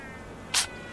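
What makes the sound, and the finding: Magellanic penguin. Sneeze.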